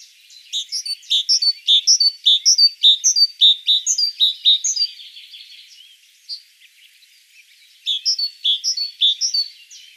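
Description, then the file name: Great tit song: high, bright two-note phrases repeated rhythmically for several seconds, a short pause, then the same repeated phrase starting again. "Parus major"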